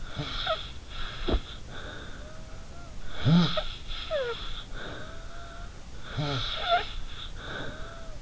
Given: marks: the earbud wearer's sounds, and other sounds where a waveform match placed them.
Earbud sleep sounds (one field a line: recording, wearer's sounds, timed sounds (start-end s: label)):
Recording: sounds in sleep by an in-ear microphone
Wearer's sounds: snoring breath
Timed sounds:
0.03-2.98 s: snoring breath
3.08-5.86 s: snoring breath
5.97-8.22 s: snoring breath